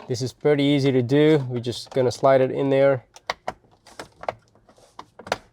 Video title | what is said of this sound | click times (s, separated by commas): FITCAMX Dual Dash Cam Install on Alfa Romeo Stelvio - Front & Rear OEM Look | And this just snaps in place. | 5.3 s